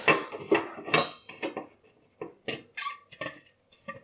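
Dishes, including a plastic bowl, being handled and dried with a red tea towel: irregular clinks and soft rubbing, scuffing sounds that come in short bursts, moderately loud, with no one speaking.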